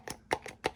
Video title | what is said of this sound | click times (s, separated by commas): Tacoma-3rd Gen Oil Change - Easiest Method - DaddyzWorkshop | Hear the click, and voila, you are done. | 0.3 s, 0.7 s